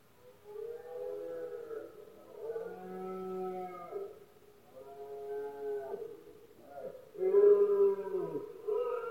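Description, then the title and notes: Red deer bellowing: long, deep, moaning roars with rich harmonics in several drawn-out bouts, a later one louder. Male red deer roaring during the rut, in Spain, at night. "La época de celo del ciervo se conoce comúnmente como “berrea del ciervo” o “brama del ciervo”. Escuchar, especialmente por la noche pues es cuando más silencio hay alrededor, los poderosos bramidos de los ciervos machos"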